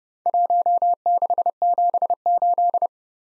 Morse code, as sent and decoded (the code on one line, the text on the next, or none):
.---- -.... --... ---..
1678